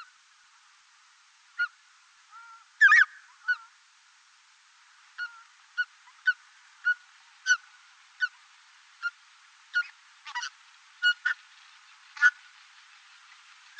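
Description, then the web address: Lesser white-fronted goose giving short yelps, repeated at irregular intervals, fairly faint, with a quiet background. Uzbekistan. "Uzbek hayvonlar. Anser erythropus"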